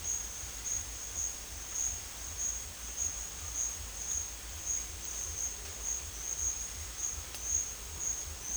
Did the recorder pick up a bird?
no